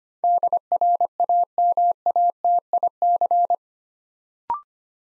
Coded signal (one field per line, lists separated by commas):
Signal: Morse code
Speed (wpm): 25 wpm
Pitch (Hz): 700 Hz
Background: none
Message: DRAMATIC